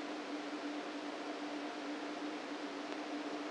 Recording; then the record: brain microelectrode recording played as sound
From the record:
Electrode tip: outside the subthalamic nucleus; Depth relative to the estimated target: 4 mm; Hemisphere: right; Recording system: NeuroSet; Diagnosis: Parkinson's disease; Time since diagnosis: 13 years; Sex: male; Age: 49 years